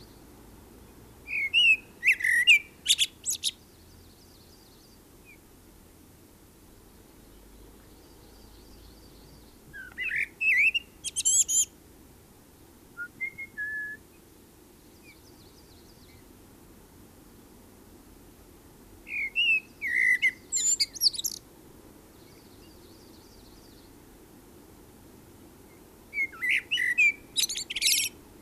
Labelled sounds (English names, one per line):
Common Blackbird song